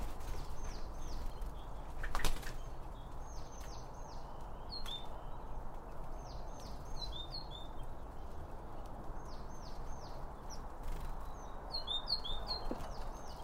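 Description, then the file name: Birds chirping in short bursts of quick, downslurred high notes, repeated every few seconds over a steady low rumble of background noise. Birds around a bird feeding spot, recorded with two Line Audio OM1 microphones. "Birds Around Birdfeeding With Two Om 1 From Line Audio"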